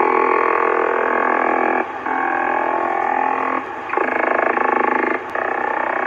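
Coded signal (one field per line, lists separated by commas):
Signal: radar signal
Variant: over-the-horizon radar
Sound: harsh rapid buzzing pulse train, croaking rasp, with three short breaks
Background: radio static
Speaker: that little clip there was from my icom in the house i've heard that sound before somebody else on youtube had put it up like four years ago and it sounds like an over the horizon radar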